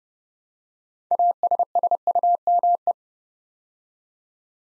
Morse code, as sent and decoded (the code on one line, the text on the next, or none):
.- ... ... ..- -- .
ASSUME